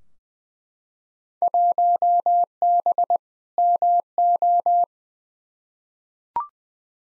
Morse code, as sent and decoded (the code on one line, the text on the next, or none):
.---- -... / -- ---
1B MO